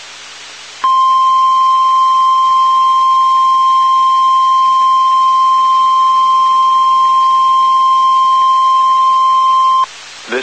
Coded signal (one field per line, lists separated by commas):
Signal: Emergency Alert System (SAME) tones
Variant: 1050 Hz attention tone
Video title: Weather Radio - Indiana Statewide Tornado Drill 2018